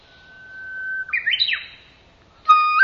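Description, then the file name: Japanese bush warbler song: a long steady whistled note, then a quick rising and falling flourish, followed by a sharp separate note at the end. "uguisu"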